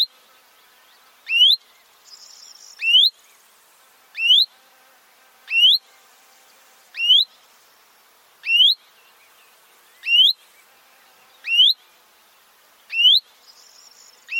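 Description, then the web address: Common chaffinch giving a steady series of upward-sweeping whistled notes, roughly one every one and a half seconds, with a faint higher buzzy sound now and then. "Deverinetal 2025 File origin Bird Only Fr Co"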